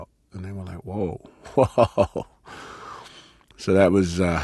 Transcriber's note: soundbite of laughter